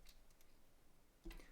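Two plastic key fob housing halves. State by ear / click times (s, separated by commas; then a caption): seated / 0.1 s, 1.3 s. The two plastic halves of a 2013–2015 Land Rover LR2 key fob are snapped back together after the battery holder is slid in. A faint click sounds at 0.1 s and a louder one at 1.3 s against quiet background noise. The halves are seated.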